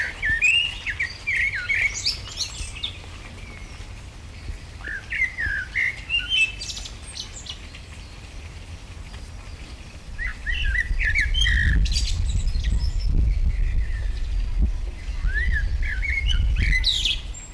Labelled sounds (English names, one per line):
Common Blackbird